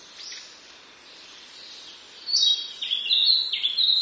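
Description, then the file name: Narcissus flycatcher song: faint hiss and soft notes at first, then loud, clear whistled phrases filling the second half. "kibitaki"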